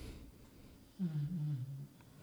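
A single low, rumbling snore lasting just under a second from a dog sleeping in a quiet room.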